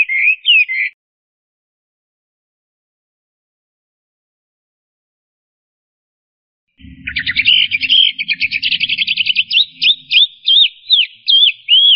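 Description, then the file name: Chinese hwamei song: a brief whistled phrase, a long silence, then a fast rattling chatter that turns into repeated slurred whistles. "audio-kicauan-burung-hwamei -omkicau"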